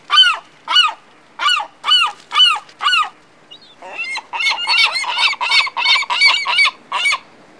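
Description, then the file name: Gulls calling: a run of loud, harsh yelping calls, then a faster, crowded burst of calls. Seagulls at the oceanside. "Oceanside with Seagulls"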